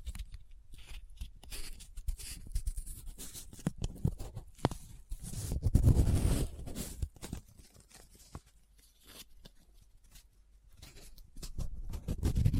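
Close-up paper being folded, rubbed and crinkled in irregular bursts, with a louder rustling swell around six seconds and again near the end.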